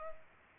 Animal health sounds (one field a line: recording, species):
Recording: mosquito wingbeat signal from an infrared sensor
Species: Culex pipiens